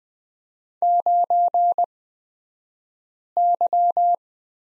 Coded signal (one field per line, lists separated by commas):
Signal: Morse code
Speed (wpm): 20 wpm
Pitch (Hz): 700 Hz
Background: none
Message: 9Y